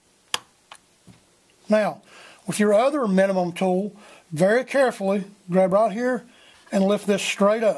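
During disassembly of an FN PS90, the small center support piece in the trigger group is pushed forward with a finger and gives a sharp click at 0.3 s, releasing the part for removal. A smaller tick follows at 0.7 s, and then someone talks.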